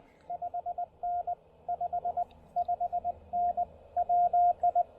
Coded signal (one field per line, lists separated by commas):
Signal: Morse code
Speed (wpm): 19 wpm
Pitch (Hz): 690 Hz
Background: radio noise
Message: 5N 5 5N WI